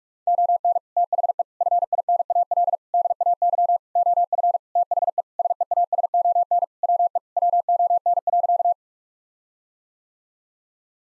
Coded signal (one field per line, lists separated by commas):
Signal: Morse code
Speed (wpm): 46 wpm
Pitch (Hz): 700 Hz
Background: none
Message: ON THE FINAL DAY OF THE SEASON WE WON.